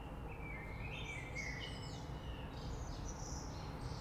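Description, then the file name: Common blackbird song: low warbled whistles running into squeaky, higher twittering notes, heard against a steady rumbling background. Recorded 3 March 2020. "Rush Merle"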